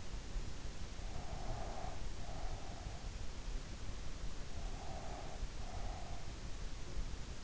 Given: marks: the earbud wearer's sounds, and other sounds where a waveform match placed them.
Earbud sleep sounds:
sounds in sleep by an in-ear microphone; breath
1.20-3.15 s: breath
4.63-6.35 s: breath

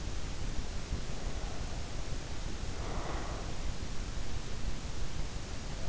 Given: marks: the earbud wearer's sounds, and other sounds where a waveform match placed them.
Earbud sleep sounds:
sounds in sleep by an in-ear microphone; breath
1.17-3.57 s: breath

